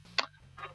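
A driver bit with segmented ends is pushed fully into a tool's quick-release locking bit holder after previously not going in far enough, and it snaps home with a single sharp tick at 0.2 s over a steady low hum. A fainter, softer sound follows around 0.6 s, and the bit is confirmed seated in the holder.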